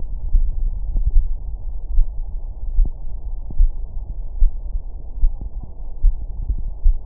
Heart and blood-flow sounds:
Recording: heart sounds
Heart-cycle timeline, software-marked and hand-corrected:
0.00	0.32	diastole
0.32	0.50	S1
0.50	0.74	systole
0.74	0.82	S2
0.82	1.14	diastole
1.14	1.28	S1
1.28	1.48	systole
1.48	1.58	S2
1.58	1.92	diastole
1.92	2.06	S1
2.06	2.28	systole
2.28	2.38	S2
2.38	2.74	diastole
2.74	2.88	S1
2.88	3.10	systole
3.10	3.20	S2
3.20	3.58	diastole
3.58	3.72	S1
3.72	3.94	systole
3.94	4.02	S2
4.02	4.38	diastole
4.38	4.50	S1
4.50	4.74	systole
4.74	4.84	S2
4.84	5.22	diastole
5.22	5.34	S1
5.34	5.56	systole
5.56	5.66	S2
5.66	6.04	diastole
6.04	6.16	S1
6.16	6.38	systole
6.38	6.46	S2
6.46	6.84	diastole
6.84	6.96	S1
6.96	7.06	systole
From the record:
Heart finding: coronary artery disease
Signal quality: good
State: rest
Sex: male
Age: 71 years

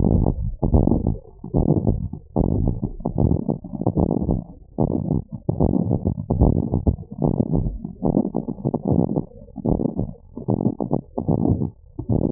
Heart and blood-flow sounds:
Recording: heart sounds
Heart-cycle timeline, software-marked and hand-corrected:
not marked
From the record:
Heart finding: normal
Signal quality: poor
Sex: female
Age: 58 years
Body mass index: 17.2

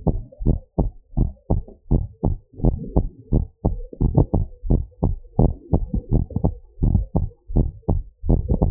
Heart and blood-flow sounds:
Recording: heart sounds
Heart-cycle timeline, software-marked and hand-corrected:
0.00	0.08	systole
0.08	0.20	S2
0.20	0.46	diastole
0.46	0.58	S1
0.58	0.80	systole
0.80	0.90	S2
0.90	1.18	diastole
1.18	1.32	S1
1.32	1.56	systole
1.56	1.64	S2
1.64	1.92	diastole
1.92	2.06	S1
2.06	2.30	systole
2.30	2.38	S2
2.38	2.64	diastole
2.64	2.78	S1
2.78	2.96	systole
2.96	3.08	S2
3.08	3.32	diastole
3.32	3.44	S1
3.44	3.66	systole
3.66	3.76	S2
3.76	4.02	diastole
4.02	4.12	S1
4.12	4.34	systole
4.34	4.44	S2
4.44	4.70	diastole
4.70	4.84	S1
4.84	5.04	systole
5.04	5.16	S2
5.16	5.40	diastole
5.40	5.52	S1
5.52	5.74	systole
5.74	5.86	S2
5.86	6.12	diastole
6.12	6.24	S1
6.24	6.44	systole
6.44	6.54	S2
6.54	6.84	diastole
6.84	7.02	S1
7.02	7.24	systole
7.24	7.30	S2
7.30	7.56	diastole
7.56	7.72	S1
7.72	7.94	systole
7.94	8.02	S2
8.02	8.28	diastole
8.28	8.42	S1
8.42	8.60	systole
8.60	8.71	S2
From the record:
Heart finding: normal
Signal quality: good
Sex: female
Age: 36 years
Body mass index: 28.5

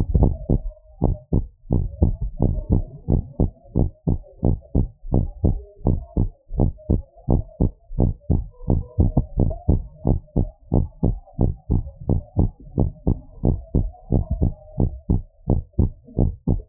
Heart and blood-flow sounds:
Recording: heart sounds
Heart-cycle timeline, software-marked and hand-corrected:
0.00	0.14	systole
0.14	0.30	S2
0.30	0.50	diastole
0.50	0.62	S1
0.62	0.80	systole
0.80	0.84	S2
0.84	1.04	diastole
1.04	1.16	S1
1.16	1.34	systole
1.34	1.46	S2
1.46	1.72	diastole
1.72	1.86	S1
1.86	2.02	systole
2.02	2.16	S2
2.16	2.42	diastole
2.42	2.54	S1
2.54	2.72	systole
2.72	2.84	S2
2.84	3.10	diastole
3.10	3.22	S1
3.22	3.40	systole
3.40	3.50	S2
3.50	3.76	diastole
3.76	3.90	S1
3.90	4.08	systole
4.08	4.20	S2
4.20	4.44	diastole
4.44	4.56	S1
4.56	4.76	systole
4.76	4.88	S2
4.88	5.12	diastole
5.12	5.26	S1
5.26	5.44	systole
5.44	5.58	S2
5.58	5.86	diastole
5.86	6.00	S1
6.00	6.18	systole
6.18	6.30	S2
6.30	6.56	diastole
6.56	6.70	S1
6.70	6.90	systole
6.90	7.02	S2
7.02	7.30	diastole
7.30	7.42	S1
7.42	7.62	systole
7.62	7.72	S2
7.72	7.98	diastole
7.98	8.12	S1
8.12	8.30	systole
8.30	8.42	S2
8.42	8.70	diastole
8.70	8.82	S1
8.82	9.00	systole
9.00	9.14	S2
9.14	9.38	diastole
9.38	9.50	S1
9.50	9.68	systole
9.68	9.82	S2
9.82	10.06	diastole
10.06	10.20	S1
10.20	10.42	systole
10.42	10.50	S2
10.50	10.74	diastole
10.74	10.88	S1
10.88	11.08	systole
11.08	11.18	S2
11.18	11.40	diastole
11.40	11.52	S1
11.52	11.70	systole
11.70	11.82	S2
11.82	12.10	diastole
12.10	12.22	S1
12.22	12.38	systole
12.38	12.50	S2
12.50	12.78	diastole
12.78	12.90	S1
12.90	13.08	systole
13.08	13.18	S2
13.18	13.44	diastole
13.44	13.56	S1
13.56	13.74	systole
13.74	13.88	S2
13.88	14.12	diastole
14.12	14.24	S1
14.24	14.40	systole
14.40	14.52	S2
14.52	14.78	diastole
14.78	14.90	S1
14.90	15.10	systole
15.10	15.22	S2
15.22	15.50	diastole
15.50	15.64	S1
15.64	15.80	systole
15.80	15.90	S2
15.90	16.18	diastole
16.18	16.32	S1
16.32	16.54	systole
16.54	16.62	S2
16.62	16.69	diastole
From the record:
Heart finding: normal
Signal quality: good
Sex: female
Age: 60 years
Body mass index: 24.3

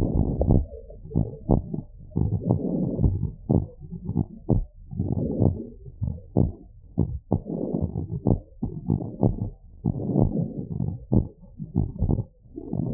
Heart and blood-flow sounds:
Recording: heart sounds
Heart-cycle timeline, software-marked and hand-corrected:
0.00	0.11	diastole
0.11	0.21	S1
0.21	0.49	systole
0.49	0.56	S2
0.56	1.15	diastole
1.15	1.23	S1
1.23	1.49	systole
1.49	1.58	S2
1.58	2.16	diastole
2.16	2.27	S1
2.27	2.47	systole
2.47	2.56	S2
2.56	3.02	diastole
3.02	3.10	S1
3.10	3.51	systole
3.51	3.61	S2
3.61	4.13	diastole
4.13	4.22	S1
4.22	4.47	systole
4.47	4.61	S2
4.61	5.06	diastole
5.06	5.26	S1
5.26	5.42	systole
5.42	5.54	S2
5.54	6.01	diastole
6.01	6.14	S1
6.14	6.36	systole
6.36	6.45	S2
6.45	6.96	diastole
6.96	7.04	S1
7.04	7.31	systole
7.31	7.38	S2
7.38	7.94	diastole
7.94	8.02	S1
8.02	8.26	systole
8.26	8.36	S2
8.36	8.88	diastole
8.88	8.99	S1
8.99	9.19	systole
9.19	9.29	S2
9.29	9.82	diastole
9.82	9.92	S1
9.92	10.16	systole
10.16	10.28	S2
10.28	10.80	diastole
10.80	10.90	S1
10.90	11.09	systole
11.09	11.23	S2
11.23	11.73	diastole
11.73	11.84	S1
11.84	12.01	systole
12.01	12.14	S2
12.14	12.72	diastole
12.72	12.73	S1
12.73	12.94	systole
From the record:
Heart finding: normal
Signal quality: good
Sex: male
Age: 72 years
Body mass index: 26.6

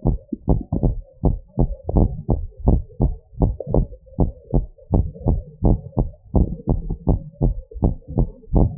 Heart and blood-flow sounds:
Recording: heart sounds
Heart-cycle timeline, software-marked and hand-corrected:
0.00	0.06	systole
0.06	0.18	S2
0.18	0.50	diastole
0.50	0.62	S1
0.62	0.84	systole
0.84	0.96	S2
0.96	1.24	diastole
1.24	1.36	S1
1.36	1.60	systole
1.60	1.70	S2
1.70	1.94	diastole
1.94	2.10	S1
2.10	2.30	systole
2.30	2.40	S2
2.40	2.66	diastole
2.66	2.82	S1
2.82	3.02	systole
3.02	3.14	S2
3.14	3.42	diastole
3.42	3.54	S1
3.54	3.76	systole
3.76	3.88	S2
3.88	4.20	diastole
4.20	4.32	S1
4.32	4.54	systole
4.54	4.66	S2
4.66	4.94	diastole
4.94	5.08	S1
5.08	5.28	systole
5.28	5.40	S2
5.40	5.64	diastole
5.64	5.78	S1
5.78	5.98	systole
5.98	6.08	S2
6.08	6.36	diastole
6.36	6.48	S1
6.48	6.70	systole
6.70	6.80	S2
6.80	7.08	diastole
7.08	7.18	S1
7.18	7.42	systole
7.42	7.54	S2
7.54	7.82	diastole
7.82	7.94	S1
7.94	8.18	systole
8.18	8.30	S2
8.30	8.54	diastole
8.54	8.70	S1
8.70	8.78	systole
From the record:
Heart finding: normal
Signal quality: good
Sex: female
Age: 49 years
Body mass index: 21.1

